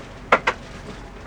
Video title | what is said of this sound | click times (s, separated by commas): DIY Van Build Window Privacy Thermal Covers Reflectix for Promaster, Sprinter or Transit Vanlife | You'd hear the magnets clicking onto the metal. | 0.3 s, 0.5 s